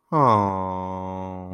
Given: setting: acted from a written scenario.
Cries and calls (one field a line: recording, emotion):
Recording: vocal sound without words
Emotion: disappointment